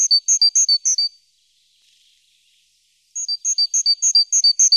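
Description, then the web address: Great tit giving rapid series of bright, ringing notes, several in quick succession, then a pause of two seconds before another fast run begins. "Mesange charbonniere"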